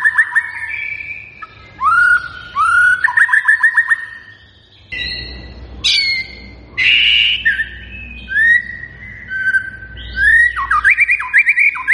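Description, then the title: White-rumped shama song of varied whistled phrases, some sweeping down, some in quick repeated rising notes, with sharp high notes and short gaps between bursts. Singing persistently; lure recording meant to make other birds respond. "MURAI BATU GACOR"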